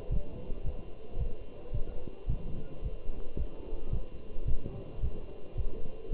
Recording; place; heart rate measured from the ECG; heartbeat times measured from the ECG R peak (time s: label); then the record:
heart sounds by stethoscope; between the tricuspid and mitral areas; 110 bpm
0.12 s: heartbeat
0.66 s: heartbeat
1.20 s: heartbeat
1.74 s: heartbeat
2.29 s: heartbeat
2.84 s: heartbeat
3.39 s: heartbeat
3.93 s: heartbeat
4.48 s: heartbeat
5.02 s: heartbeat
5.57 s: heartbeat
6.12 s: heartbeat
From the record:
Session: walking at 3.7 km/h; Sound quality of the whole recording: good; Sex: male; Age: 27 years